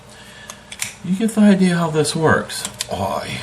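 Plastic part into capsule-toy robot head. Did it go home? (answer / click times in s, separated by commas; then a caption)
no / none. A plastic piece is pressed onto a capsule-toy robot head, giving a few quick plastic taps early on, around 0.5, 0.7 and 0.8 seconds, before someone talks. The part will not snap in place, and nothing has seated or clicked yet.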